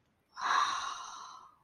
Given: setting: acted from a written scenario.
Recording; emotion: vocal sound without words; awe